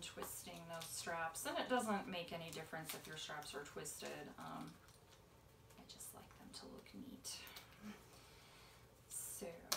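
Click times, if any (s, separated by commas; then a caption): 9.7 s. A plastic buckle on the top strap of a dog harness is slid together after the straps are threaded and twisted, while someone talks over soft handling and rustling. At 9.7 s there is a sharp snap as the buckle clicks home and is seated.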